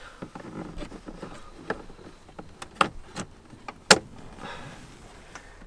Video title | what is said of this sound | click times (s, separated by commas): DIY: How to Change Cabin Pollen Air Filter on Range Rover, Sport and LR5 2013-2021 in 2 minutes! | simply push it back you'll hear a click so | 3.9 s